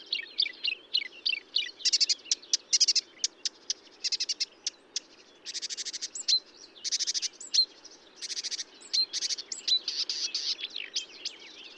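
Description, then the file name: Marsh warbler song, a fast, varied and unbroken chatter of trills, slurred whistles and buzzy rattles, constantly changing phrase to phrase. Recorded at Bonnevaux on 31 May 2009 at 05:35. "Rousserolle verderolle 0535 25 Bonnevaux"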